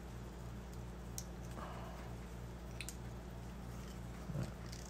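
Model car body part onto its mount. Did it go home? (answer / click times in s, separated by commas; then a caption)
no / none. A plastic or die-cast part of a 1:8 scale 1966 Batmobile model is pushed onto its mounting by hand over a steady low hum, with only faint light ticks around 1.2, 2.8, 2.9 and 4.7 seconds. No click is heard; the part sits snug on its mount and does not come off.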